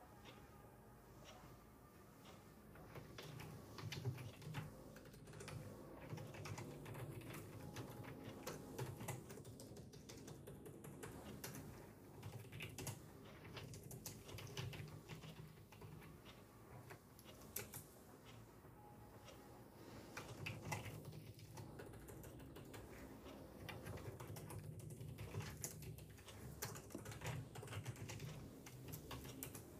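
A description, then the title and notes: Rapid keyboard typing clatters over a steady lofi instrumental with a soft low bass pulse, the clicks dense and uneven throughout. Ticking clock, keyboard, lofi music, kpop instr.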